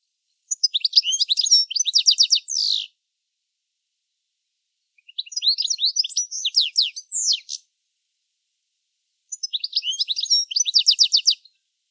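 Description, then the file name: European Goldfinch calls in three bursts of rapid, tinkling, twittering notes, each lasting two to three seconds, separated by short silent gaps. "Carduelis carduelis"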